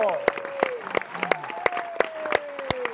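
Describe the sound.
An audience claps in a steady, rhythmic beat, about three claps per second, while voices shout and cheer over the clapping throughout.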